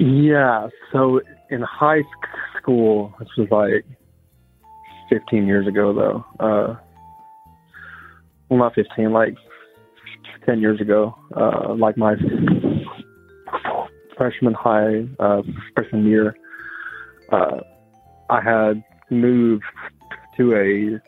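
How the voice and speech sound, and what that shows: Adult man speaks haltingly with a repeated 'sk' onset, stretched sounds and long pauses, fitting a speech impediment that began in his youth and never went away; the S sound is especially hard, and it gets worse with stress.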